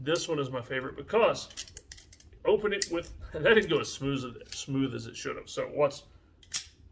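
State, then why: Seated. Someone talks while opening a metal Gerber multi-tool one-handed; a first attempt doesn't go as smoothly as it should. The jaws then swing open and lock into place in the tool body with a sharp click at 6.6 s.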